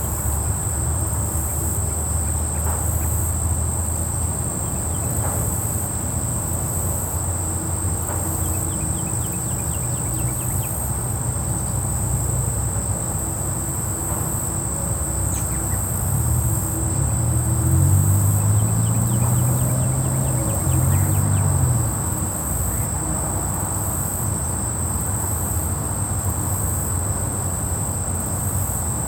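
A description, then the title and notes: A night park with crickets and insects trilling in a steady, dense high chorus throughout. A low rumble, like a vehicle, sits underneath and swells between about 17 and 22 seconds. A few faint clicks and chirps break through now and then. Nighttime at the Park.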